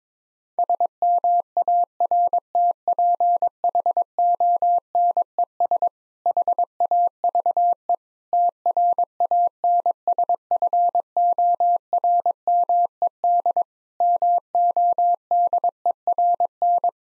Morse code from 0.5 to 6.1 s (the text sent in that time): SMARTPHONES